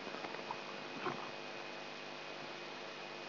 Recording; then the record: brain microelectrode recording played as sound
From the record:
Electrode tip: inside the subthalamic nucleus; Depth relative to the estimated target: 2 mm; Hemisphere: right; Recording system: AlphaMap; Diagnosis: Parkinson's disease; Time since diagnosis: 8 years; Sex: male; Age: 59 years